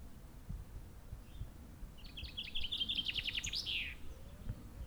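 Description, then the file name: Common chaffinch with a single song phrase of accelerating, descending notes finishing in an emphatic downslurred flourish, against soft low-pitched background noise. "Fringilla coelebs"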